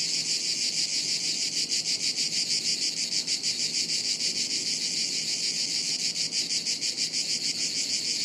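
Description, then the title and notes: Chorus of cicadas, shrill droning buzz that pulses fast and regularly without pause. Chorus of cicadas high up in the trees overhead, woods near Sirolo, Italy, on a hot afternoon, August 23. "A chorus of cicadas on a hot afternoon high up in the trees above us in the woods near Sirolo, Italy, August 23. Recorded by Cities and Memory."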